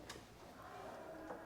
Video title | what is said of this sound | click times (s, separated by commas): Destination DMU Ep22, Fitting the gutter and Finishing the rear! | just make sure it's you can hear it have a sort of a satisfying click | 0.1 s